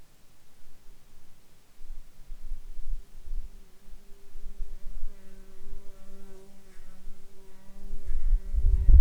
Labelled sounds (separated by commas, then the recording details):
insects
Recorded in Ivvavik National Park, Yukon, on 2 July 2019 at 09:11
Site SINP09